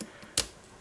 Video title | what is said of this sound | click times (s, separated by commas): Siupro Survival Outdoor Multi-Tool, Modular Detachable Scissors! | there we go and then it snaps into place it's not extremely easy to snap back in | 0.4 s